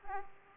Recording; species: mosquito wingbeat signal from an infrared sensor; Aedes aegypti